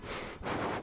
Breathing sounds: one breath in and out by a microphone near the nose and mouth; strong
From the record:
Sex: male

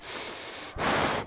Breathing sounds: one breath in and out by a microphone near the nose and mouth; strong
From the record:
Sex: male

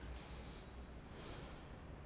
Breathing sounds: one breath in and out by a microphone near the nose and mouth; deep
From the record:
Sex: male

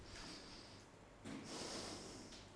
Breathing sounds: one breath in and out by a microphone near the nose and mouth; deep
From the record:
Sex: male

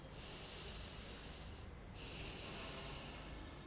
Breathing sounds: one breath in and out by a microphone near the nose and mouth; deep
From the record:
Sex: male

